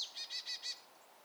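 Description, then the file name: Marsh tit call: a short high note followed by four buzzy, nasal notes, evenly spaced and quickly repeated, all within under a second. "Poecile palustris"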